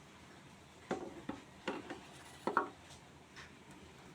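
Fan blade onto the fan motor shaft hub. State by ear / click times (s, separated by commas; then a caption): seated / 2.6 s. A plastic fan blade, with its two marks lined up with the hub, is pushed and twisted onto the fan motor shaft hub. Several light knocks are heard, followed by one sharp click at 2.6 s. The blade locks onto the hub and is seated.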